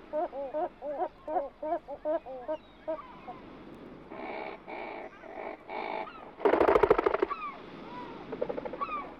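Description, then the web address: Bird calls, a series of short nasal notes repeated rapidly, then harsher bursts and a loud clattering noise. "audio animali uccelli uccelli birds"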